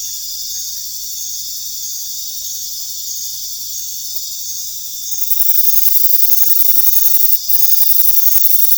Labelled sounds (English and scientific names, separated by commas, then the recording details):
none
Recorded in pastures near Puerto Asís, Putumayo, Colombia, on 23 June 2025 at 21:30
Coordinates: 0.466, -76.322
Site GP07